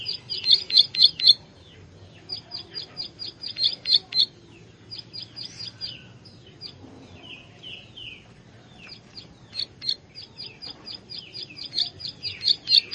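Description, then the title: Plain Prinia song of rapid, sharp high notes in repeated bursts, about four per second, with softer chirps between the bursts. "Ciblek Sawah"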